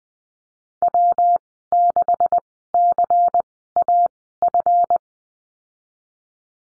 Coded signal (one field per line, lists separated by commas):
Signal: Morse code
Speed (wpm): 20 wpm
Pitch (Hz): 700 Hz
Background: none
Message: W6CAF